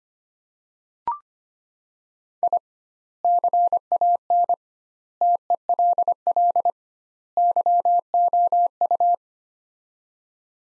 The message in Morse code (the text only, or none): I CAN TELL YOU